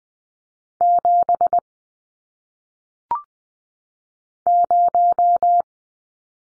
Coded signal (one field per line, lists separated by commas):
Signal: Morse code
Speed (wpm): 20 wpm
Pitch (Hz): 700 Hz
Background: none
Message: 7 0